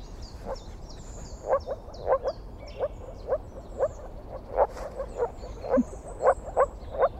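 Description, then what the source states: Moor frog calls: short, low bubbling pulses repeated in uneven runs, with faint high twittering above. Moor frog call played as an example; it sounds completely different from the common frog's, almost like small dogs, and hearing it is the sure way to tell the two apart.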